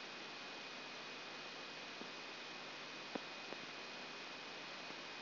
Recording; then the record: brain microelectrode recording played as sound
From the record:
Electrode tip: outside the subthalamic nucleus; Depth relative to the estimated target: -4 mm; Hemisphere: right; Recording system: AlphaMap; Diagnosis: Parkinson's disease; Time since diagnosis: 9 years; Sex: male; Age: 68 years